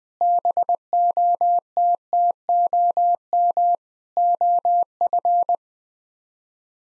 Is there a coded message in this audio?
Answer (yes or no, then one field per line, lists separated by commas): yes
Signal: Morse code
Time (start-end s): 0.2-5.5 s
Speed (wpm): 20 wpm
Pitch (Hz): 700 Hz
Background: none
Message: BOTTOM OF